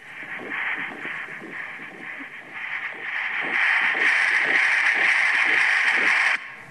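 Rapid, regular whooshing pulses run about 160 a minute over a steady hiss, growing louder midway before cutting off. This is a fetal heartbeat picked up by ultrasound Doppler from a fetus over 20 weeks of age, at a typical fetal heart rate.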